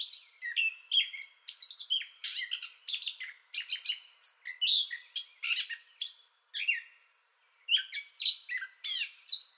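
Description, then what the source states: Gray catbird pouring out a string of sharp squeaks, harsh chatters and sweet whistled notes, phrases short and constantly varied. Entire song bout recorded 2021-05-30.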